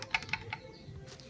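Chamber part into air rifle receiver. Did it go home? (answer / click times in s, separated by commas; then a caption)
no / none. An aftermarket chamber part is fitted into an air rifle receiver and tried in several positions. Sharp metallic hits ring out at about 0.0, 0.2, 0.3 and 0.5 seconds. Nothing seats or clicks, and the part fails to lock.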